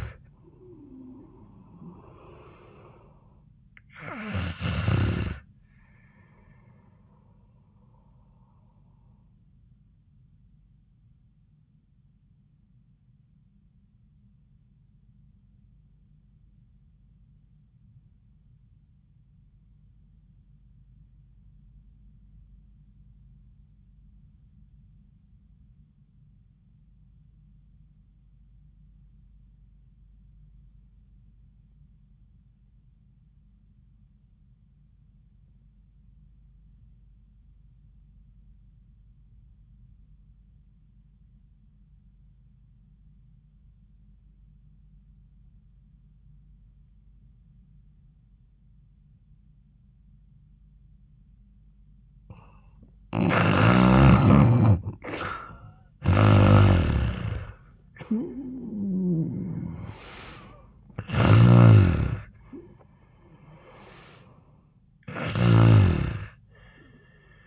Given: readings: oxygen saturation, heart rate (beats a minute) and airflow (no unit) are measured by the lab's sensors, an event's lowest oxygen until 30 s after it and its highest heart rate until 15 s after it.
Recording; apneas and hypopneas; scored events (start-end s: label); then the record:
breathing in sleep by a smartphone at the bedside; 1
18.00-53.90 s: obstructive apnea (REM, oxygen 97% highest, then 76% lowest, heart rate 83 at the start, 86 highest)
49.00-67.47 s: new sleep stage, N1 (lightest sleep)
From the record:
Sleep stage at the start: REM sleep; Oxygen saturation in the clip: 74 to 97%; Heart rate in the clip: 69 to 86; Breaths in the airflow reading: 6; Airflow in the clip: -9.5 to 4.7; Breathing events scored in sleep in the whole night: 400 in 8.7 hours asleep